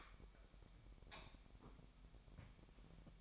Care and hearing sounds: daily activity, microphone in the room; light off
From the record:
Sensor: 1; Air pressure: 1012.0 hPa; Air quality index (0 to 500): 234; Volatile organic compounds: 6 ppm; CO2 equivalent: 1863 ppm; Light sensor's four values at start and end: 18/50/20/22 and 15/35/15/17

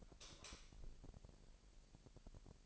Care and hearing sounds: daily activity, microphone in the room; light off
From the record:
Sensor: 5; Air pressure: 1002.0 hPa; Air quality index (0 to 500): 226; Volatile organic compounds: 29 ppm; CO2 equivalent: 2946 ppm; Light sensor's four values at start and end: 15/36/15/16 and 15/35/14/16

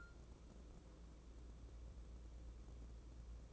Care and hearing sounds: daily activity, microphone in the room; take from stove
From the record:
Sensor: 1

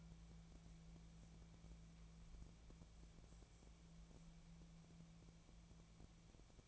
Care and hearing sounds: daily activity, microphone in the room; wipe stove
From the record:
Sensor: 1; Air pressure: 1000.6 hPa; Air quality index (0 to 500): 186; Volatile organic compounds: 5 ppm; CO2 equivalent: 1714 ppm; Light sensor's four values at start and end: 12/28/12/13 and 12/28/12/13

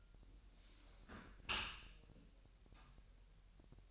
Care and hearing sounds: daily activity, microphone in the room; close dishwasher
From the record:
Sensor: 2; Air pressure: 1000.4 hPa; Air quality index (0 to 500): 246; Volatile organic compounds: 92 ppm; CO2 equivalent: 3700 ppm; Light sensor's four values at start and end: 9/21/9/9 and 9/21/9/9

